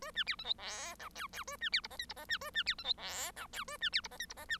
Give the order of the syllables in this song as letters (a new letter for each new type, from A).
A B C D E F G H H A B C I J K I J B A B C D E F G H A B C I J K I J B